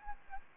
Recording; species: mosquito wingbeat signal from an infrared sensor; Aedes aegypti